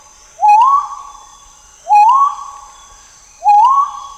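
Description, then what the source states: Great argus calls: three loud, rising whistled notes, each sweeping upward and trailing off, about one and a half seconds apart, over a steady high-pitched background hiss. Subspecies grayi, recorded in Malaysia.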